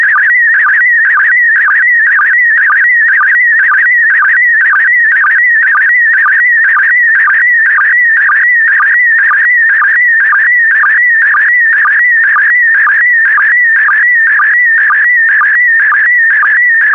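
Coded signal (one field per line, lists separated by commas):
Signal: SSTV (slow-scan television)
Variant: PD120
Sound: warbling whistly tone with steady rhythmic low blips about twice a second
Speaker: get ready starting transmission in 5 4 3 2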